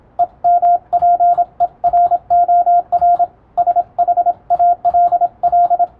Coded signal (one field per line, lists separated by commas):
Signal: Morse code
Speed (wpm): 27 wpm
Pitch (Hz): 700 Hz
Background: radio noise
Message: EMPEROR SHALL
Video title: タイプ受信する無線通信士！モールス信号のンとツーを読み解くとあら不思議文章になります、情報処理の基礎！(morsecode practice for radiotelegraph operator)